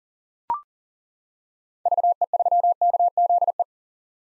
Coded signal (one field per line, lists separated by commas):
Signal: Morse code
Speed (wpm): 40 wpm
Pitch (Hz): 700 Hz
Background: none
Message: VE3KZE